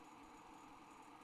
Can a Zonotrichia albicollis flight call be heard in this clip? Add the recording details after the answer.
no. No flight call is heard. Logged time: 00:30 on 30 November 2014